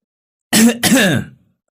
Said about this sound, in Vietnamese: Một tiếng ho vang lên sau lưng mấy người giúp việc khiến họ giật mình nín thinh.